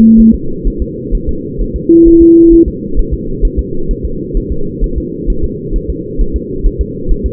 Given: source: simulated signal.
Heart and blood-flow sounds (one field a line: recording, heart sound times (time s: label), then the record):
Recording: fetal heart sounds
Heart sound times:
0.20 s: S1
0.34 s: S2
0.67 s: S1
0.82 s: S2
1.15 s: S1
1.29 s: S2
1.62 s: S1
1.76 s: S2
2.08 s: S1
2.22 s: S2
2.53 s: S1
2.68 s: S2
2.99 s: S1
3.14 s: S2
3.45 s: S1
3.59 s: S2
3.91 s: S1
4.05 s: S2
4.37 s: S1
4.52 s: S2
4.84 s: S1
4.98 s: S2
5.30 s: S1
5.44 s: S2
5.76 s: S1
5.90 s: S2
6.21 s: S1
6.36 s: S2
6.66 s: S1
6.81 s: S2
7.11 s: S1
7.26 s: S2
From the record:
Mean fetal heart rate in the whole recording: 130 bpm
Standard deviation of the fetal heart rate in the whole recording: 4 bpm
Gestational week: 38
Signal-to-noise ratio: -8.1 dB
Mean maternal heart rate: 72 bpm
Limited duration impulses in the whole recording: present